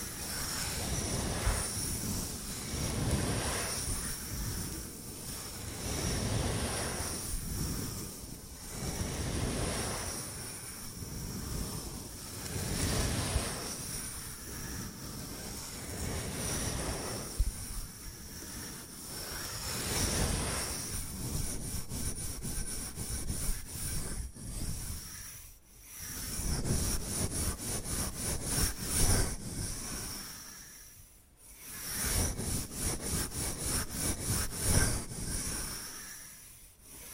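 Bamboo being scratched and brushed in a steady run of rough, rubbing strokes, rising and falling every second or two. Later the texture tightens into fast, regular ticking taps, broken by brief dips near 25 and 31 seconds, with a thin high hiss throughout.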